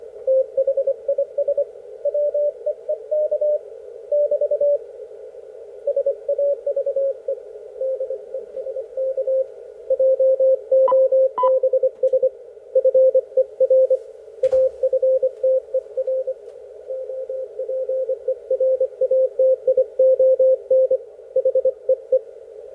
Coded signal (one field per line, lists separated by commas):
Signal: Morse code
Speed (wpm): 25 wpm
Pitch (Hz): 530 Hz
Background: radio noise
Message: THIS WEEK <BT> SAVE DESK JOBS FER AFTER OPERATION HEE